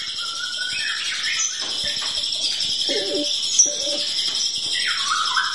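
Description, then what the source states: Oriental magpie-robin song: varied whistled phrases over a dense background of high notes. Champion oriental magpie-robin in lively, vigorous song; bird-training recording.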